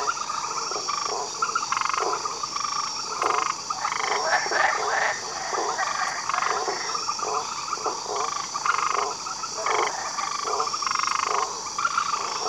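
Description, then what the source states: Frog chorus of many overlapping pulsed, rattling croaks continuing without pause for twelve seconds, with a steady high insect whine throughout. Frogs and insects calling together in a jungle.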